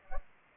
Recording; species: mosquito wingbeat signal from an infrared sensor; Culex pipiens